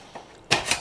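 Metal pot-support cross stands are pulled out of the body of a folding Firebox Scout emergency stove to unlock them. Two sharp metallic hits sound at 0.5 s and 0.7 s. The cross stands release and come unlocked.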